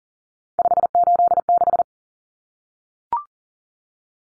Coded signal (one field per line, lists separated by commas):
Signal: Morse code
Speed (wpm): 40 wpm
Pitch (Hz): 700 Hz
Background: none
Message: 586